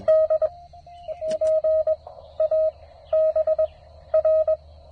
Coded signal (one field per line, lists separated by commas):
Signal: Morse code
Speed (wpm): 21 wpm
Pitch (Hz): 630 Hz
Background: none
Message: D P A B R